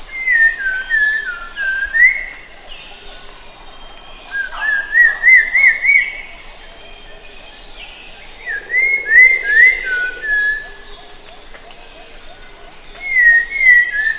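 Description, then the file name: Cempala kuning singing lively whistled phrases with many quick up-and-down slurs, coming in four bursts with short pauses, continuous hiss underneath. "cempalakuning omkicau"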